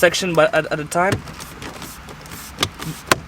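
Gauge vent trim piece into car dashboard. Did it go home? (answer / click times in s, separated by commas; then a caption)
yes / 2.6 s, 3.1 s. Someone talks as a plastic gauge pod and vent trim piece is pushed into a Mustang dashboard one section at a time. Sharp clicks at 2.6 and 3.1 seconds are its clips snapping in, and the trim is seated; more clicks mean it is in there well.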